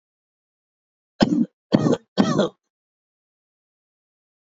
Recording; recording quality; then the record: shallow voluntary cough; excellent, no background noise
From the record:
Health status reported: healthy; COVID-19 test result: not tested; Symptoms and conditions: cold, fatigue, muscle pain, loss of smell and taste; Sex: male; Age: 39 years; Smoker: not ticked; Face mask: not worn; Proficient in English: yes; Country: India